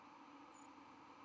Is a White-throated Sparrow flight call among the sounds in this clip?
no